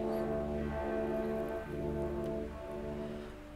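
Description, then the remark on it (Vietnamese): Heavy rain pours down outside in the dark, growing heavier, in a steady, unbroken wash of hiss, with a sustained low tonal hum running beneath it. No one speaks. “Quay đầu nhìn không gian tối ở bên ngoài, hạt mưa càng ngày càng nặng”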